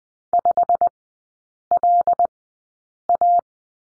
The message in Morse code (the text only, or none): 5LA